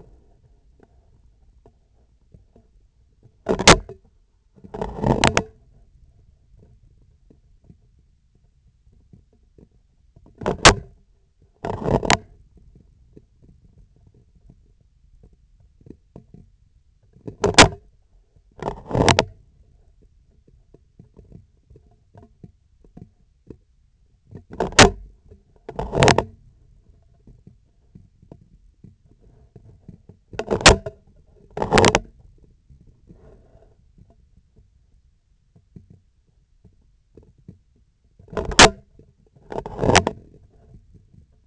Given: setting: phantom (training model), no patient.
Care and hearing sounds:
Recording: laparoscopic instrument, vibration sensor on the handle end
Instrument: scissors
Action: opening and closing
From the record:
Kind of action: tool actuation without material contact

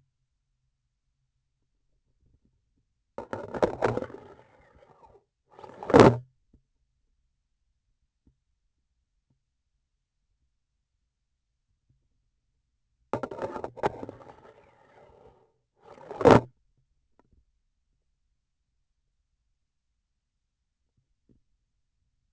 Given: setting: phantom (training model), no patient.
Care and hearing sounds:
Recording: laparoscopic instrument, vibration sensor on the handle end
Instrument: grasping forceps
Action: insertion and removal through the trocar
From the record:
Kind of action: spatial motion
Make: other than Olympus

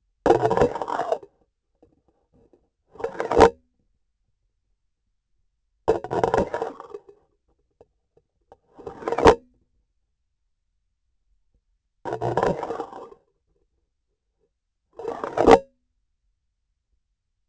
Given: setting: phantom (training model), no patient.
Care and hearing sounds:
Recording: laparoscopic instrument, vibration sensor on the handle end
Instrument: grasping forceps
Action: insertion and removal through the trocar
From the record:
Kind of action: spatial motion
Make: Olympus

